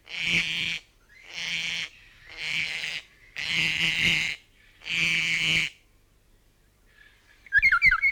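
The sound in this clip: North Island kaka giving five loud, harsh grating screeches of just under a second each, evenly spaced, followed by a short burst of liquid whistled notes.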